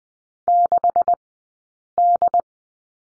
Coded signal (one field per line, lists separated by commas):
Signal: Morse code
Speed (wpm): 20 wpm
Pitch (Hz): 700 Hz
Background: none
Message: 6D